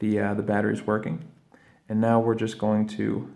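A man talks while handling the flip key part of a 2007–2013 Acura RDX key fob during a battery replacement, about to reinsert it into the fob housing at an angle. Only speech is heard, with a quiet pause in the middle. Nothing has seated or clicked yet.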